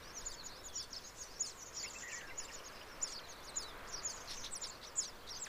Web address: sound Baya-weaver